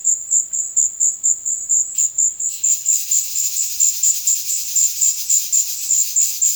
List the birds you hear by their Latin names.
none